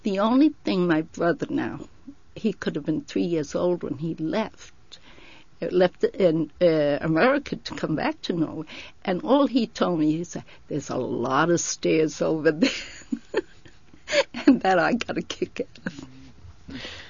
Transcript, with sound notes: The only thing my brother now, he could have been three years old when he left, left America to come back to Norway, and all he told me, he said, "There's a lot of stairs over there." ( she laughs ) And that I got a kick out of.